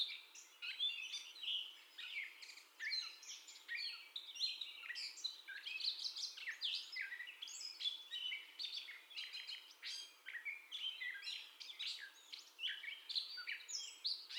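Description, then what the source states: Gray catbird delivering a long, unbroken song of improvised-sounding chirps, scratchy bits and clear whistles, packed closely together. First song, recorded 30 May 2021.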